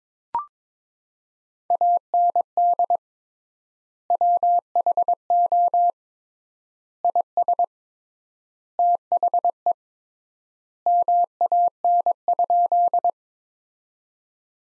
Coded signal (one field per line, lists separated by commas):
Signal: Morse code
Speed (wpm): 21 wpm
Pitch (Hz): 700 Hz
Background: none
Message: AND WHO IS THE MAN?